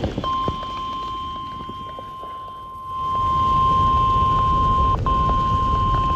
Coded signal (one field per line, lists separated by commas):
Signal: Emergency Alert System (SAME) tones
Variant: 1050 Hz attention tone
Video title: EAS #275 Flash Flood Warning On NWR